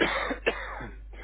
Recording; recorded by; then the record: voluntary cough; telephone call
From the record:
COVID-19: positive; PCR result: self-reported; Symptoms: yes